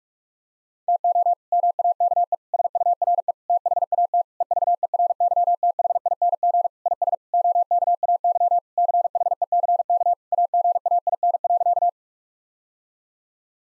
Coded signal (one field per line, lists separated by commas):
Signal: Morse code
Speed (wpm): 41 wpm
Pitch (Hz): 700 Hz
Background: none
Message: TO MAKE SURE THAT EVERYTHING IS OKAY CHECK AGAIN.